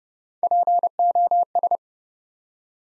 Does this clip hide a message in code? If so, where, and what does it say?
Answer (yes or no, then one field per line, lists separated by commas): yes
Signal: Morse code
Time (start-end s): 0.4-1.8 s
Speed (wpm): 31 wpm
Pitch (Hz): 700 Hz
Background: none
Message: POS